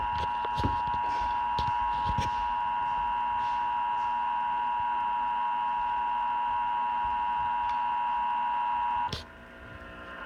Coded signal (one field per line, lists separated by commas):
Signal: Emergency Alert System (SAME) tones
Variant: 853 and 960 Hz attention tone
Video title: EAS #16 Required Monthly Test